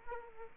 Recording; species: mosquito wingbeat signal from an infrared sensor; Aedes aegypti